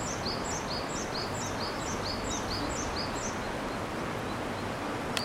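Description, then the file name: Japanese tit song: high, thin two-note phrases repeated rapidly for about three seconds over a steady hiss of background noise. Recorded 22 April 2019. "sijuukara 20190422"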